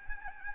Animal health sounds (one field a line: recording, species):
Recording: mosquito wingbeat signal from an infrared sensor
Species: Aedes albopictus